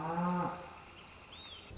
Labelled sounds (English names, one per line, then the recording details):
Northern Flicker
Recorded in Sonoma County, California